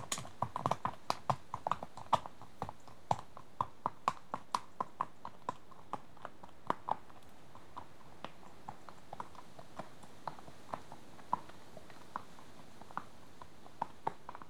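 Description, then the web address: Horse hooves clopping at a walk, sharp knocks that continue throughout. One horse walking past on a rough track. "BBC Sound Effects Library BBC 37-Horses. One horse walks past on rough"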